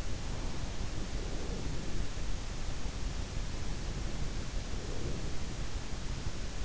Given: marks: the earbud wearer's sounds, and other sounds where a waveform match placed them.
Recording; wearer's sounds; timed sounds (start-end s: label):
sounds in sleep by an in-ear microphone; breath
0.00-2.35 s: breath
3.66-5.63 s: breath